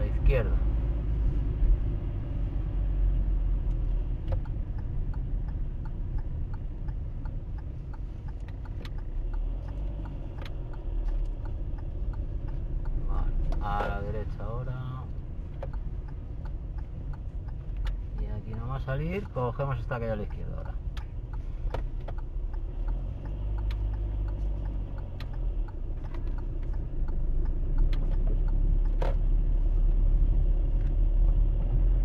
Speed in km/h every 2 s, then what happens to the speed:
23, 19, 16, 10, 6, 6, 13, 13, 10, 9, 9, 6, 6, 9, 18, 17.
0-8 slows to 6. 10-12 speeds up to 13. 12-24 steady at about 9. 24-32 speeds up to 17.